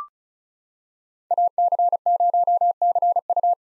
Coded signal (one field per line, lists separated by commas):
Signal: Morse code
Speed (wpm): 34 wpm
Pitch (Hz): 700 Hz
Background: none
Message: AC0CU